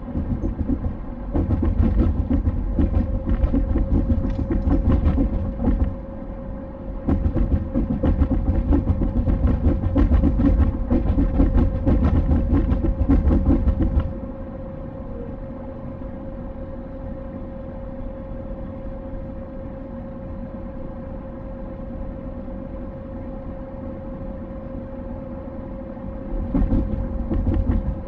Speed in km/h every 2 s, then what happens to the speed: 67, 69, 68, 68, 68, 68, 68, 68, 68, 68, 68, 68, 68, 68.
0-28 steady at about 68.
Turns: none.